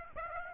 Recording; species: mosquito wingbeat signal from an infrared sensor; Aedes aegypti